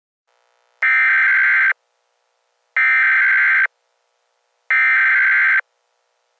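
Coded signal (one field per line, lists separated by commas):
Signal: Emergency Alert System (SAME) tones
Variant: header bursts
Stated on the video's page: Fictional mock EAS scenario of an asteroid strike on Columbus, not a real alert.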